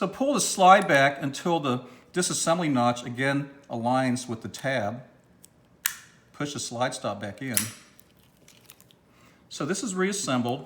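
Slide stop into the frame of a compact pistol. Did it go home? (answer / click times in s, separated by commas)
yes / 5.9 s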